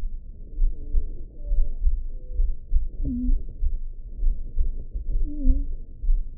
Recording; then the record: heart sounds by optical stethoscope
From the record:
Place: pulmonary valve (PV)